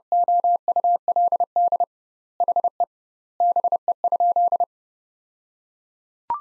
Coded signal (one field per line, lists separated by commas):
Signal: Morse code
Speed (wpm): 32 wpm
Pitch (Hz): 700 Hz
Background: none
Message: OULD HE BE?